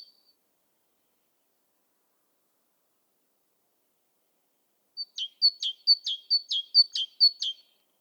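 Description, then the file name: Great tit giving its repeated two-part song. After a brief high note and a stretch of silence, a series of high-then-low note pairs rings out briskly for about two and a half seconds. "Parus major"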